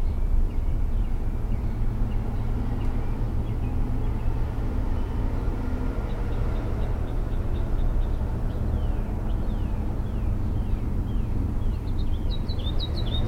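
Mockingbird song with steady strings of repeated notes shifting into rising and falling chirped phrases, each type repeated several times, over persistent low rumbling noise.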